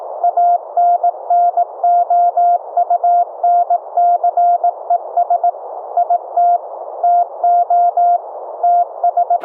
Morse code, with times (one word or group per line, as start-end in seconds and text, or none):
0.2-5.5 ANNOUNCES
6.0-6.6 IT
7.0-8.2 TO
8.6-9.4 TS